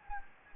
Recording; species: mosquito wingbeat signal from an infrared sensor; Anopheles gambiae